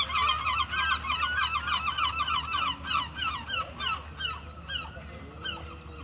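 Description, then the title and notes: Gulls calling in a dense chorus of repeated, harsh, slightly downslurred overlapping cries, over a low steady rumble. Seagulls on a seafront esplanade at Mers-les-Bains, France; recorded with DPA 4060 microphones in AB position into a Zoom F3. "Esp. du Général Leclerc, 80350 Mers-les-Bains, France - Seagulls and people. Seagulls, waves in the distance, people passing by. Mouettes, vagues dans le lointain, promeneur·euses"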